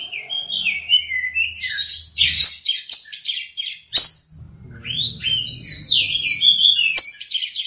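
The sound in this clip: Oriental magpie-robin singing clear slurred whistles and rising and falling notes mixed with rapid scratchy chatter, broken by sharp clicks and short pauses.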